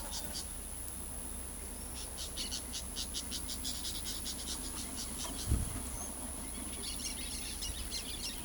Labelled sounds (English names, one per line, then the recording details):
Orange-chinned Parakeet
Turquoise-winged Parrotlet
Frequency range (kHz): Orange-chinned Parakeet 2.5-8.8 kHz; Turquoise-winged Parrotlet 1.9-9.7 kHz
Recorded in pastures near Pivijay, Magdalena, Colombia, on 3 June 2023 at 16:00
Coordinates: 10.456, -74.369
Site P6-G026